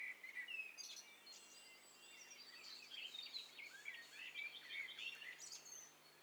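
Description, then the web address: Several birds calling together, overlapping high whistles and chirps in a busy chorus over steady background noise. Several birds calling at once. "Hi Fi STEREO BIRD COCKTAIL PARTY Challenge"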